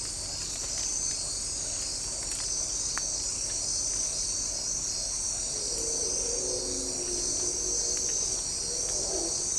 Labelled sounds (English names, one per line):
none